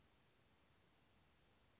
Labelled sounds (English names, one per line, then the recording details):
Western Flycatcher
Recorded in Sonoma County, California